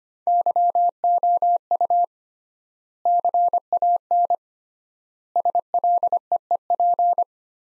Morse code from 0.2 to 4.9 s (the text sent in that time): YOU CAN